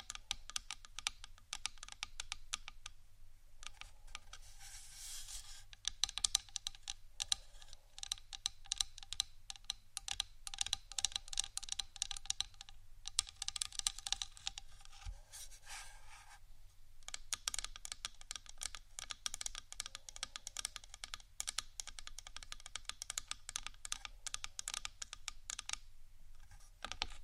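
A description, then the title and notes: Soft tapping runs through nearly the whole stretch in quick, clustered bursts, like fingers on keys, with brief pauses around five, sixteen and twenty-six seconds. The taps are light and crisp, sitting over a faint, steady low hum. ASMR Soft TAPPING for Sleep 3Dio （No Talking）.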